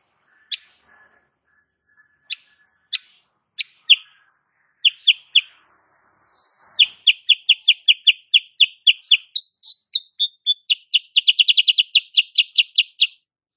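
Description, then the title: Sooty-headed bulbul song: spaced single chips that gradually quicken into a dense, rattling burst of sharp, bright notes. Female sooty-headed bulbul, cage bird singing actively (gacor) in the tight rapid 'nembak rapat' style, used as a master recording for training cage birds. "Masteran Kutilang Sutra. Kutilang SUTRA BETINA GACOR nembak RAPAT"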